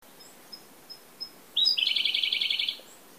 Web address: bird voice koruri